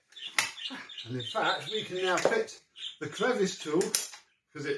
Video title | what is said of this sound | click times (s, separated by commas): 2 FREE DYSONS! After Restoration. DC04 & DC07 | it locks in place as well, unlike that DC04. | 0.4 s